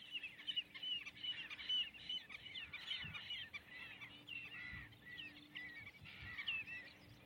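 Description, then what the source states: Common redshanks calling: a busy, continuous chatter of high piping notes from several birds, with a steady low hum beneath. A noisy group of redshanks flitting around the shallows of salt-marsh lagoons on the Ribble estuary, on a warm February day.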